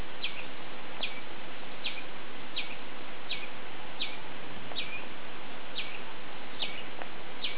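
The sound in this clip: Dusky palm squirrel calling with short sharp chips, repeated steadily over a constant hiss.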